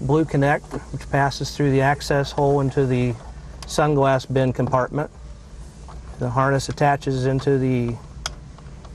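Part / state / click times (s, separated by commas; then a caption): vehicle wiring harness connector into overhead console module / seated / 8.3 s. Someone talks while a vehicle's main wiring harness connector is pushed into the plastic receptacle of the overhead console assembly. One sharp, loud click at 8.3 seconds marks the connector engaging and seating, followed by two faint ticks.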